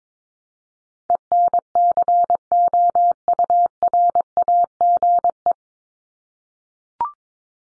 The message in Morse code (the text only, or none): ENCOURAGE